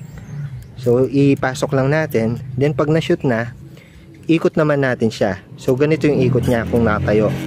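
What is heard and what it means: A new fuel filter is being handled and fitted into the fuel pump housing of a Honda Click motorcycle, where it is meant to twist-lock in place. Someone talks throughout, with two faint short ticks near the start. Nothing has seated or clicked yet.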